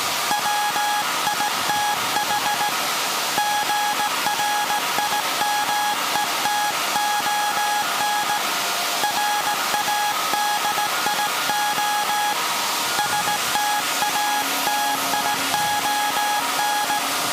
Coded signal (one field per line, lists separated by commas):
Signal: Morse code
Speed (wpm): 17 wpm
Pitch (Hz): 830 Hz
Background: none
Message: WITH GRIMETON RADIO STATION